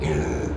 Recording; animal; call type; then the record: contact call of a hoofed animal; pig; closed-mouth grunt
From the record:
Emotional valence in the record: negative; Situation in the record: short social isolation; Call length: 0.57 s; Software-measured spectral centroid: 1680 Hz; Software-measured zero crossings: 1050 a second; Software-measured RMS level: -24 dBFS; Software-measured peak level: -12 dBFS